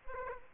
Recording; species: mosquito wingbeat signal from an infrared sensor; Aedes aegypti